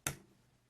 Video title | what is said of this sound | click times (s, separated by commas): Snap Fill Inkcor - Como utilizar seu Snap Fill pressurizador de cartuchos em cartuchos HP e Canon | e fez o clique saiu então é só pegar agora um papel higiênico | 0.1 s